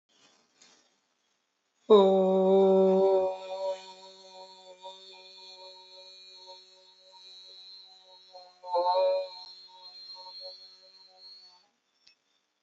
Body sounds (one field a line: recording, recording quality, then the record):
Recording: sustained vowel as in boot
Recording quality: excellent, no background noise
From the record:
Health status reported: healthy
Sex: female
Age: 41 years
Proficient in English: yes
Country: India